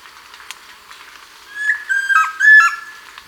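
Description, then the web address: Chestnut-crowned antpitta calling with one whistled phrase of three clear notes, the last one loudest, over soft background hiss. Ecuador, South America. "Birds of Ecuador 2. Chestnut-Crowned Antpitta"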